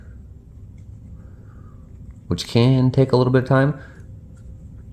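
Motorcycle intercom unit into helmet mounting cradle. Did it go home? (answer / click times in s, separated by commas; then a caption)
no / none. A plastic Cardo Freecom 2x motorcycle intercom unit is lined up with the creases of its helmet mounting cradle before being slid home, a step that can take a little time. Someone talks over a low background hum with a few faint ticks. Nothing has seated or clicked yet.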